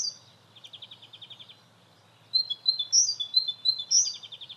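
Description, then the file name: Great tit calls, a soft buzzy chatter followed by louder high chirps and sweeping notes. "Parus major"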